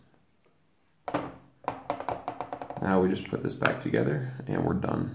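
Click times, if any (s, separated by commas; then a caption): none. After the coin battery is replaced in a 2014–2021 Jeep Grand Cherokee key fob, the plastic housing halves are handled over the battery compartment to be pressed back together while someone talks. A quick series of light taps and handling noises is heard around 1.7 to 2.4 seconds. The clip ends before the shell snaps shut, so nothing has seated or clicked yet.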